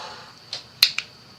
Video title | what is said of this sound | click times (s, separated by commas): Live Ball Jointed Doll Engineering Refinements in Nomad Sculpt | oo I love a good click when it clicks into place | 0.8 s